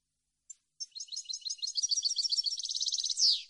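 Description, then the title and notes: European goldfinch song: after one short note, a fast twittering run of tinkling high notes builds into a rapid trill and ends in a bright descending slur. Clean goldfinch song recording on CD, made for song copying. "Cd Jilguero. Cd de canto de jilguero limpio para copia"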